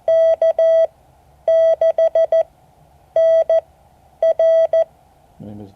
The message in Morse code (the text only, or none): K6NR